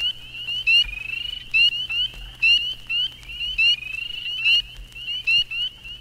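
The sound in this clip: Spring peeper chorus of piercing, brief upslurred whistles from many frogs, overlapping, with a soft low hum beneath.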